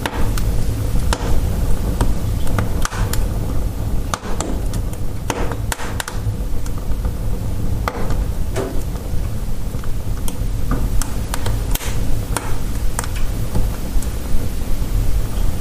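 A wood fire burns in a stove, a steady low roar underneath with sharp crackles and pops breaking out irregularly, several every few seconds. Some snaps are loud, others small and scattered, with no other sounds in the background.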